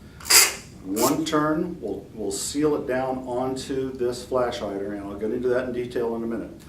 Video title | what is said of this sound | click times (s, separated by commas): Title | you can put this on spring-loaded clicks in place locks it one | 0.2 s